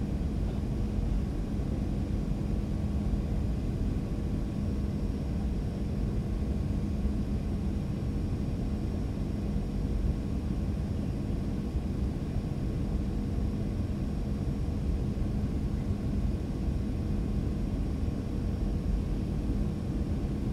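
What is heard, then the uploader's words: Steady engine hum inside an airliner in flight, a low, dense roar that holds level for the whole stretch. A faint tone sits in the low hum, with a soft hiss above it. No announcements or other events break through. The sounds of a flight from San Francisco International Airport to Phoenix Sky Harbor International Airport.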